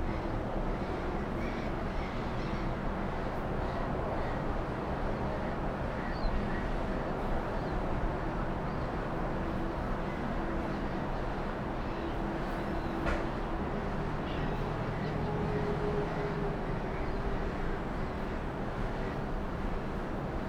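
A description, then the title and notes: Early evening city sound from the 29th floor above the Docklands in Melbourne: a steady, dense wash of traffic rumble that holds level throughout. Faint brief sounds surface now and then, including a short brighter tone around thirteen seconds. Melbourne City early evening sounds from 29 floors above the ground. It's recorded using two microphones placed as if they were human ears. Today, a city soundscape from the 29th floor overlookingh the Docklands area.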